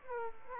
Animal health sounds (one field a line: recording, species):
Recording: mosquito wingbeat signal from an infrared sensor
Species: Aedes aegypti